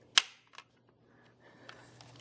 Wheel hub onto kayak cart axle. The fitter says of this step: wait for the click